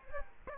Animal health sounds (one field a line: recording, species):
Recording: mosquito wingbeat signal from an infrared sensor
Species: Culex quinquefasciatus